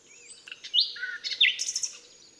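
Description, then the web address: Common nightingale song phrase: drawn-out whistles and sharp downslurred notes, then a fast, high rattling flourish. "SETE data Luscinia megarhynchos"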